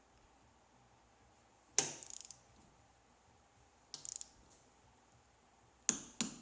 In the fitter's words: There you go, hear that click?